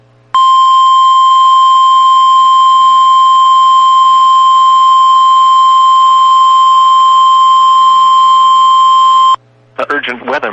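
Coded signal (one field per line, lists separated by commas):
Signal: Emergency Alert System (SAME) tones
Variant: 1050 Hz attention tone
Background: speech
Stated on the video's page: Real Severe Thunderstorm Warnings received from NOAA Weather Radio transmitters in Columbus and Akron, Ohio.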